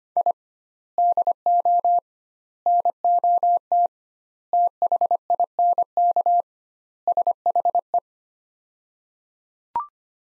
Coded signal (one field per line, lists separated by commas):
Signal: Morse code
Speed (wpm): 25 wpm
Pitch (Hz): 700 Hz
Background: none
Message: I DO NOT THINK SHE